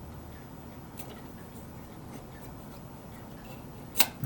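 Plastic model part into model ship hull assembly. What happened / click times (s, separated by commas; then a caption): The plastic part snapped into place / 4.0 s. A plastic part is pressed gently, without forcing, onto the hull of a 1:200 scale model ship. After a steady low background hiss, a sharp click at 4.0 s marks the part snapping and locking into place, followed by a short burst of handling noise at the very end.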